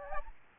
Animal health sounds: mosquito wingbeat signal from an infrared sensor; Aedes aegypti

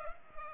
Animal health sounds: mosquito wingbeat signal from an infrared sensor; Culex pipiens

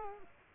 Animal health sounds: mosquito wingbeat signal from an infrared sensor; Culex quinquefasciatus

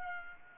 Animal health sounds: mosquito wingbeat signal from an infrared sensor; Culex pipiens

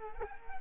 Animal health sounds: mosquito wingbeat signal from an infrared sensor; Culex quinquefasciatus

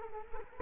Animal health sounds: mosquito wingbeat signal from an infrared sensor; Culex quinquefasciatus

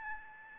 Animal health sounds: mosquito wingbeat signal from an infrared sensor; Aedes albopictus

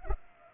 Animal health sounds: mosquito wingbeat signal from an infrared sensor; Culex pipiens

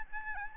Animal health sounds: mosquito wingbeat signal from an infrared sensor; Aedes albopictus

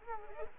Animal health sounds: mosquito wingbeat signal from an infrared sensor; Culex quinquefasciatus

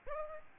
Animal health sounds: mosquito wingbeat signal from an infrared sensor; Aedes aegypti

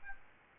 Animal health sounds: mosquito wingbeat signal from an infrared sensor; Aedes albopictus

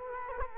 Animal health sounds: mosquito wingbeat signal from an infrared sensor; Culex quinquefasciatus

